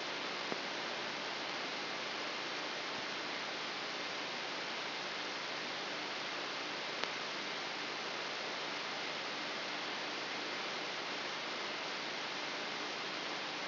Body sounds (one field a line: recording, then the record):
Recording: brain microelectrode recording played as sound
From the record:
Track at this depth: outside the subthalamic nucleus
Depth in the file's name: 5.398 mm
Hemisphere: left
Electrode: 3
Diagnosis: Parkinson's disease